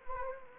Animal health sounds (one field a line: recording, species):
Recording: mosquito wingbeat signal from an infrared sensor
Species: Anopheles gambiae